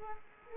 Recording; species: mosquito wingbeat signal from an infrared sensor; Culex quinquefasciatus